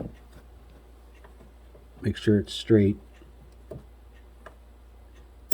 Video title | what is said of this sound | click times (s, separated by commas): 2014 GM Truck 5.3 Exhaust Manifold Gaskets And Engine Oil Cooler Lines Replacement | and you can usually hear it click, and look to make sure that all three | 5.5 s